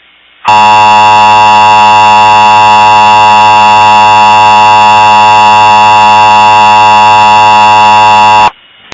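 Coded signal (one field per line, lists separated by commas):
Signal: Emergency Alert System (SAME) tones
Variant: 853 and 960 Hz attention tone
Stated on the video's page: Fictional EAS series episode.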